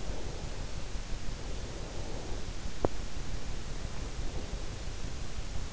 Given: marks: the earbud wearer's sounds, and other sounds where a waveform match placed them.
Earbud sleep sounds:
sounds in sleep by an in-ear microphone; breath
0.65-2.87 s: breath

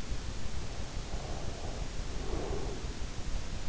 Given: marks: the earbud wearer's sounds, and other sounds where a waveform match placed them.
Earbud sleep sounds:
sounds in sleep by an in-ear microphone; breath
0.91-3.46 s: breath

